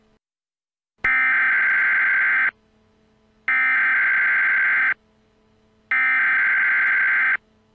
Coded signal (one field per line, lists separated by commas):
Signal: Emergency Alert System (SAME) tones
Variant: header bursts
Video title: Eas Scenario: Star Wars Order 66